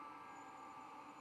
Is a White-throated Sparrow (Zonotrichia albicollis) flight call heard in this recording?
no